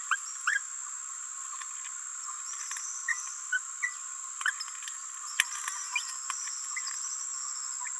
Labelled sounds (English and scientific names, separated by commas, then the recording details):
Green-rumped Parrotlet (Forpus passerinus) babbling
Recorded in a nest box in Venezuela
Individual 18B17A4